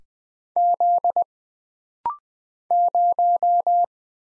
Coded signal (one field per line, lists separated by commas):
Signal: Morse code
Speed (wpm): 20 wpm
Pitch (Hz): 700 Hz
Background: none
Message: Z 0